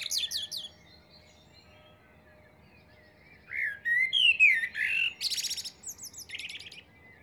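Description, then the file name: Common blackbird song, with high twittering at first, a pause, then a mellow warbled phrase that ends in thin, high chattering notes. "Turdus merula"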